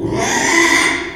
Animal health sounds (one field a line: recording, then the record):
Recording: squeal of a Yucatan mini pig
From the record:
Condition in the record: after surgery on the right vocal fold (resection and tissue-engineered implant)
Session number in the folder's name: 3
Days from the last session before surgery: 33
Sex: male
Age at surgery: 12 weeks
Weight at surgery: 13 kg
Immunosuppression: cyclosporine, prednisolone